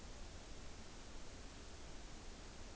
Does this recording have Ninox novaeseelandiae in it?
no